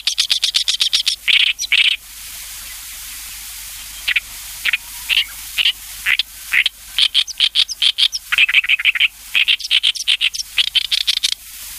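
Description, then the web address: Oriental reed warbler song: harsh, grating notes in rapid repeated bursts, shifting between rasping and chattering phrases with brief pauses. "sikioto. ooyoshikiri"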